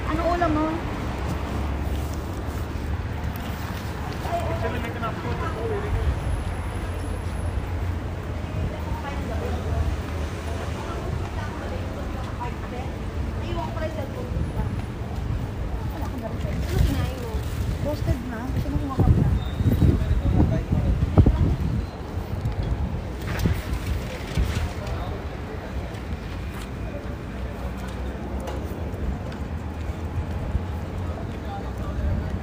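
A walk from Al Nadha toward Al Ghurair Centre, with voices talking throughout over a steady low rumble. Footsteps and scattered knocks come and go, growing busier and louder around the twenty-second mark, then settling back into the murmur of people.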